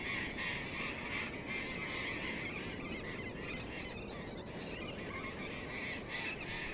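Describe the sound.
Burrowing parrots screech in a crowded chorus, grating calls repeated rapidly and overlapping, over a steady low rumble.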